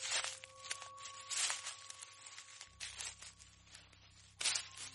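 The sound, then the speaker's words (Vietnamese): Soft, irregular crunching steps on dry fallen leaves as someone slowly walks down a staircase from upstairs, a few slow footfalls with crackly bursts, over a low steady hum and a faint tonal whine. “Rồi chỉ vài giây sau đó, tiếng lẹp xẹp như có tiếng người bước chân ở mép bên thềm đang dẫm lên những chiếc lá rơi từ trên lầu leo cầu thang đang chậm chậm đi xuống.”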